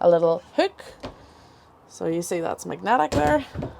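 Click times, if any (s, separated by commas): none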